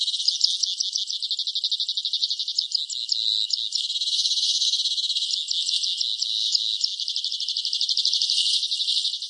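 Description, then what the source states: Northern pipit calling in fast, high, buzzy trills of rapidly repeated notes that run almost continuously, with brief changes in pace. Bird call.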